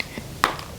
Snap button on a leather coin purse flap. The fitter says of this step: So it's definitely buttoned. You just don't hear that satisfying like snap.